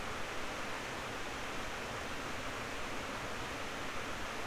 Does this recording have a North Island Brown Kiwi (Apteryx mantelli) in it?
no